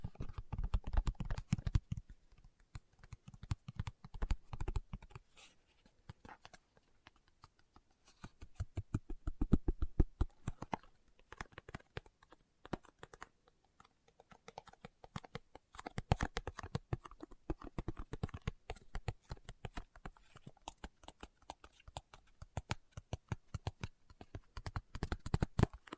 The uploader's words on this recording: ASMR Tapping with Fingertips (No Talking).